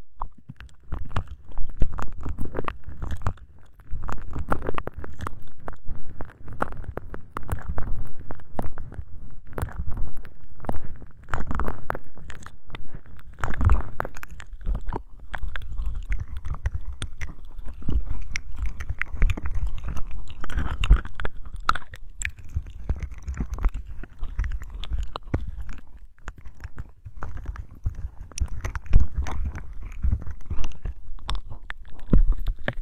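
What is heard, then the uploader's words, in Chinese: Ear-cleaning sounds with a wet cotton swab, an ear scope and a toothpick, plus scratching at cat ears. Dense, crackly rubbing and scraping runs almost without pause for the whole half minute, mostly low and muffled, with quick brighter clicks scattered throughout. 触发音 ‘湿棉棒+耳镜+牙签+抓猫耳朵’。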